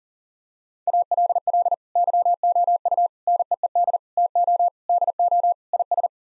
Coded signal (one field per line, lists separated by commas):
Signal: Morse code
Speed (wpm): 40 wpm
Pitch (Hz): 700 Hz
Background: none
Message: ALL YOU NEED TO DO IS